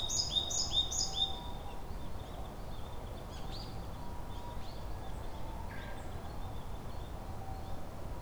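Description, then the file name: Japanese tit: a few quick, high, sharp phrases at the start, followed by scattered fainter chirps over steady low background noise. Recorded on 2 May 2015. "kotori shijukara 150502"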